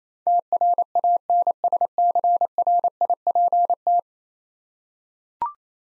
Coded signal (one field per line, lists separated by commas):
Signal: Morse code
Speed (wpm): 27 wpm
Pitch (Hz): 700 Hz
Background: none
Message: TRANSCRIPT